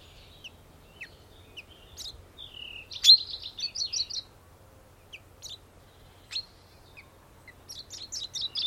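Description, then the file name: Common chaffinch calls and brief twittering: a loud sharp note among scattered high chirps and short trilled phrases. "Fringilla coelebs"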